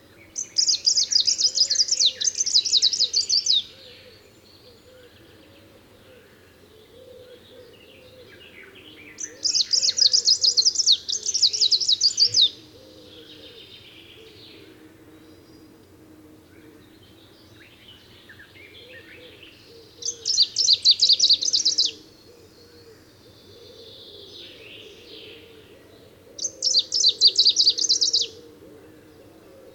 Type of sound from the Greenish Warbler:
song